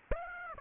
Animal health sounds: mosquito wingbeat signal from an infrared sensor; Aedes aegypti

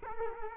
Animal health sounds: mosquito wingbeat signal from an infrared sensor; Culex quinquefasciatus

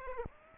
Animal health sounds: mosquito wingbeat signal from an infrared sensor; Aedes aegypti

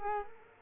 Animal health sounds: mosquito wingbeat signal from an infrared sensor; Culex quinquefasciatus

